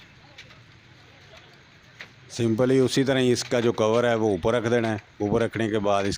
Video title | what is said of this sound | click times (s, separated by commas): Inverter AC Gas Leaking Test Best Way And Repair Evaporator Coil - air conditioner pipe welding | आप दबाएंगे तो लाख हो जाता ऑटोमेटिक जैसे मैंने इसकी फाइटिंग की है तो | 2.0 s